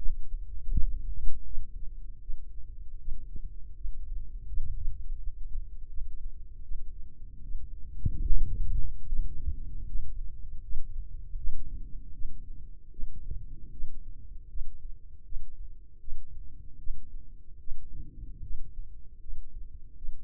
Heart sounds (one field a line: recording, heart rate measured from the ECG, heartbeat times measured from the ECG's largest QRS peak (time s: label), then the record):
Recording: heart sounds by microphone in the left ear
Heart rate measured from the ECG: 78 bpm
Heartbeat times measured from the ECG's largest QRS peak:
0.73 s: heartbeat
1.47 s: heartbeat
2.23 s: heartbeat
3.01 s: heartbeat
3.78 s: heartbeat
4.51 s: heartbeat
5.21 s: heartbeat
5.91 s: heartbeat
6.65 s: heartbeat
7.45 s: heartbeat
8.27 s: heartbeat
9.09 s: heartbeat
9.89 s: heartbeat
10.64 s: heartbeat
11.38 s: heartbeat
12.15 s: heartbeat
12.93 s: heartbeat
13.73 s: heartbeat
14.50 s: heartbeat
15.26 s: heartbeat
16.01 s: heartbeat
16.80 s: heartbeat
17.61 s: heartbeat
18.44 s: heartbeat
19.22 s: heartbeat
19.98 s: heartbeat
From the record:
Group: healthy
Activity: rest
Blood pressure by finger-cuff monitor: 132/72 mmHg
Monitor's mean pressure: 90 mmHg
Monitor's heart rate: 77 bpm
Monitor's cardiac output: 4.7 L/min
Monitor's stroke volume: 60 mL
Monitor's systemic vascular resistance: 1420 dyn s/cm5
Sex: male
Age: 55 years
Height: 167 cm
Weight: 57.2 kg